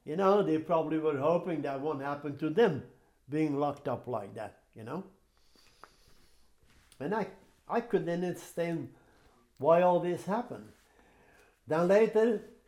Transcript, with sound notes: You know, they probably were hoping that won't happen to them, being locked up like that, you know. [breathes deeply] And I — I couldn't understand why all this happened. Now, later,